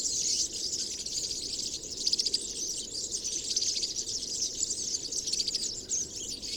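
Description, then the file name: European serin delivering a long, unbroken high jingle, a shimmering rush of tinkling, buzzy notes throughout. Recorded 22 January 2017 at Binsham. "Girlitz. Binsham. Susanne Rieck"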